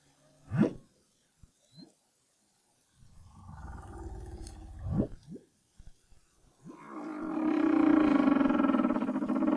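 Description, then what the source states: Humpback whale song of sharp upsweeping chirps, low rumbling grunts, then a loud sustained buzzing harmonic moan. Recorded in 2011 as part of the BRAHSS project.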